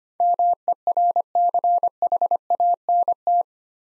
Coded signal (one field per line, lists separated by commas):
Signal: Morse code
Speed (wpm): 25 wpm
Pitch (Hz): 700 Hz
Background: none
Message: MERCHANT